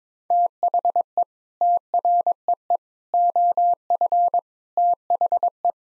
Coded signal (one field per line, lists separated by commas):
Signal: Morse code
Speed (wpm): 22 wpm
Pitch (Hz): 700 Hz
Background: none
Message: THE TREE OF THE